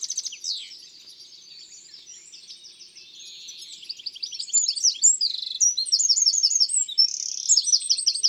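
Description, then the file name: Eurasian wren song, starting with soft high twitters and swelling into a loud, hurried series of shrill trills and rattles. "Troglodyte mignon ABC des chants doiseaux"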